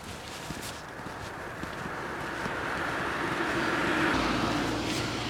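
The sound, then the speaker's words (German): A car approaches and passes pedestrians on the road, who are testing whether carrying an umbrella tip-forward makes cars keep more distance. Its tyre and engine noise swells into a broad whoosh with a low rumble before easing off, over scattered light ticks and steps. “Ach, nächstes Auto probieren wir nochmal aus.”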